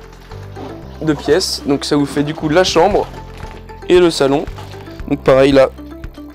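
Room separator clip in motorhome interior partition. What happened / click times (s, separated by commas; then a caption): Handled, not yet home: partition latch not yet locked / none. A sliding room separator between the bedroom and living area of a Mc Louis MC4 281 motorhome is being handled toward its clip while someone talks over background music. Nothing has seated or clicked yet.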